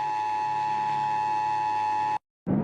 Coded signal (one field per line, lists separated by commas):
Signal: Emergency Alert System (SAME) tones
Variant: 853 and 960 Hz attention tone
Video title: Rating EAS Alerts (Remade) (1 year anniversary) (A-Z)